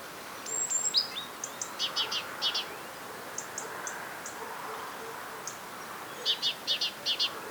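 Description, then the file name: Great tit calls: a high thin note followed by series of short repeated two-part chirps, a run near the start and another near the end, over faint background noise. "Parus major"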